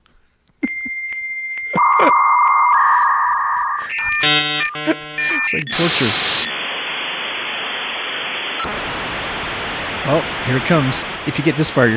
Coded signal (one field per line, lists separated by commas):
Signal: dial-up modem handshake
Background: speech